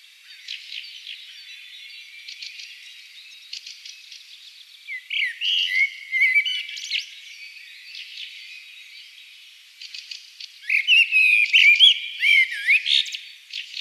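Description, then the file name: Common blackbird song: a soft warbling phrase midway, followed after a pause by a louder fluty phrase with squeaky high notes. "Turdus merula"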